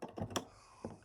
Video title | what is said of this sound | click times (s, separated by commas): My Old Town Solo Sportsman 119 Canoe Fly Fishing Setup | And that snaps right in. | 0.4 s